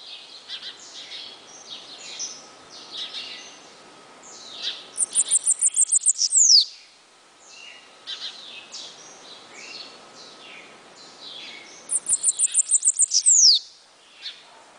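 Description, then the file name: Bananaquit giving two songs of fast high ticking notes that end in a falling buzzy sweep, with much other high chirping throughout. "Cambacica"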